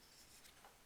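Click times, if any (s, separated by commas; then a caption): none. A bent paper clip, used as the on/off switch on a scratch-built toy electric car, is handled near its contact position. Soft, steady rubbing and scraping fill the clip, with a slightly brighter scrape around 0.4–0.5 s and another near 0.65 s. Nothing has seated or clicked yet.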